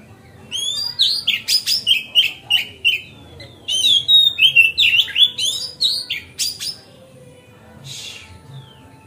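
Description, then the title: Magpie-robin song as one long, rapid run of varied whistles, trills and sharp chirps lasting about six seconds, then a soft rasping note, over a quiet low hum. Kept as a masteran (song tutor) bird, recorded on a terrace. "Kacer Masteran Teras"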